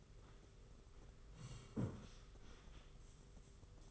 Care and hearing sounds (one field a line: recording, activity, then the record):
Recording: daily activity, microphone in the room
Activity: sit down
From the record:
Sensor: 4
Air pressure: 991.2 hPa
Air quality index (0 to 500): 136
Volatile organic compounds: 52 ppm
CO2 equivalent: 3328 ppm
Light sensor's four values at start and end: 25/80/30/31 and 25/81/30/31